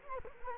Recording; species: mosquito wingbeat signal from an infrared sensor; Culex quinquefasciatus